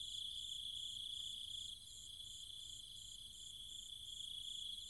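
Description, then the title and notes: Cicadas producing a high steady whine and pulsed buzzing that drops in loudness after under two seconds and continues more softly. Cicadas and other insects calling at night in trees and fields, Chiang Mai, Thailand, countryside. "Cicada countryside, Thailand. Nighttime sounds of the cicadas and insects in the trees and fields, Chiang Mai, Thailand. Recorded by Alex Boyesen"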